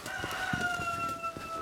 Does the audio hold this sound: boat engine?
no